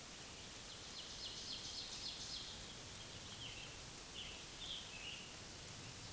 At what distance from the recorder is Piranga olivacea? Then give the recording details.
about 115 m. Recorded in a Pennsylvania forest on 1 June 2023 at 08:09. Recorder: AudioMoth, point grid3_33_high. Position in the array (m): 162 m, 141 m